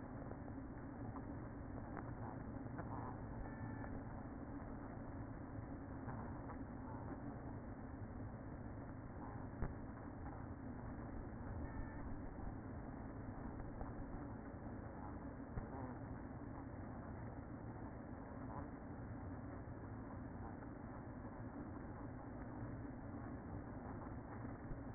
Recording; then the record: honeybee colony, microphone inside the hive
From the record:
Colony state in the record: queen present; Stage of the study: after two queens were removed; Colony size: about 60,000 bees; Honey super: yes